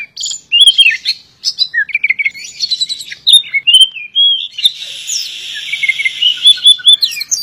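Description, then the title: Oriental magpie-robin singing a mix of sharp chirps, buzzy trills and sweet slurred whistles, with a rasping, noisy passage in the second half. "suara kacer"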